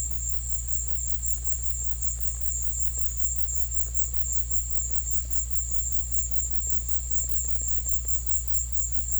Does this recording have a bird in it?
no